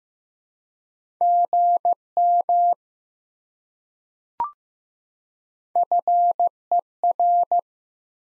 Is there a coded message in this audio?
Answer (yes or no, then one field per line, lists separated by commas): yes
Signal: Morse code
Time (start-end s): 1.2-7.6 s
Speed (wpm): 16 wpm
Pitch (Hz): 700 Hz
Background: none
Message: GM FER